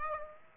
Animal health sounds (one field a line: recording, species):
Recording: mosquito wingbeat signal from an infrared sensor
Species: Aedes aegypti